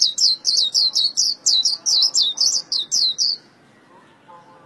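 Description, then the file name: White-eye song: a rapid run of many high, sweeping chirps, then quiet. Vietnamese song style called khuyên líu. "tieng khuyen liu"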